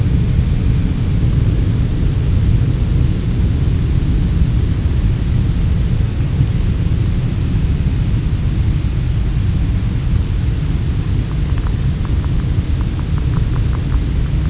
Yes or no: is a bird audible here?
no